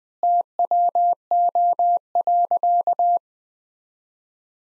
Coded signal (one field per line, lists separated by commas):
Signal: Morse code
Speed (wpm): 20 wpm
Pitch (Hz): 700 Hz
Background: none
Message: TWO.